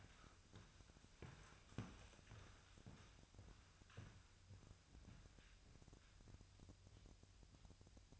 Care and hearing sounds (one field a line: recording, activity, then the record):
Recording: daily activity, microphone in the room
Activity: walk to room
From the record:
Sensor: 2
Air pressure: 999.3 hPa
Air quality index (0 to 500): 192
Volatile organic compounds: 25 ppm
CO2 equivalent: 2844 ppm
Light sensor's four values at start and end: 7/17/7/7 and 7/17/7/7